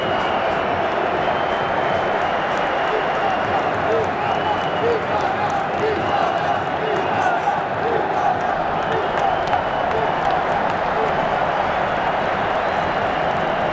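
A football crowd at Wembley fills the air with a dense, constant roar of many voices blended together. The level stays steady throughout, with no lulls, while scattered shouts and brief chanting tones rise and fall within the mass of sound.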